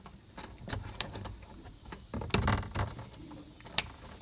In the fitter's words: and align it properly and push it in until it clicks.